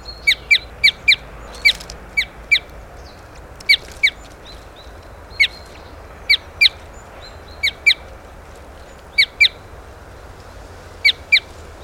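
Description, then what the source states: Red crossbill calls: sharp, clipped metallic notes, often given in quick pairs or short runs, repeated irregularly throughout over a soft steady background hiss. Red crossbill call type N.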